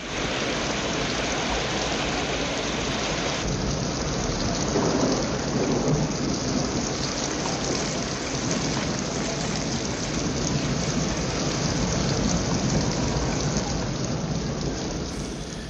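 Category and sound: nature, heavy rain and thunderstorm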